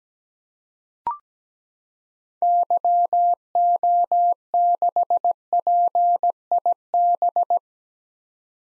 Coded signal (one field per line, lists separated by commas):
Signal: Morse code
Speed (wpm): 17 wpm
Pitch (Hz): 700 Hz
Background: none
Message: YO6PIB